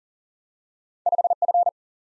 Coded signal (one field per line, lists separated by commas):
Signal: Morse code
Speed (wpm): 41 wpm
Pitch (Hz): 700 Hz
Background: none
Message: 5 F